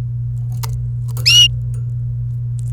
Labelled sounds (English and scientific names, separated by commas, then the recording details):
Domestic Canary (Serinus canaria) song
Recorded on 28 April 2018 at 10:19
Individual llb3